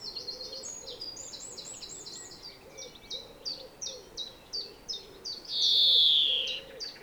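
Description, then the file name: European greenfinch giving quick twittering notes and evenly spaced chips, then one long nasal wheeze falling slightly in pitch near the end. "Chloris chloris"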